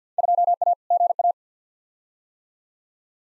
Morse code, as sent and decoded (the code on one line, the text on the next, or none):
..--- .- / --. .-
2A GA